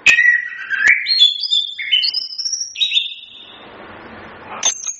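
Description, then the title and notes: Chestnut-capped thrush song: clear whistled phrases stepping between high and mid pitches, some sliding notes, then a pause with soft hiss and a sharp high note at the end. Training recording for songbirds. "Masteran Anis Kembang"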